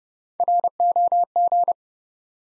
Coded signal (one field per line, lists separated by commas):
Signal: Morse code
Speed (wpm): 30 wpm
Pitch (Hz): 700 Hz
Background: none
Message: ROG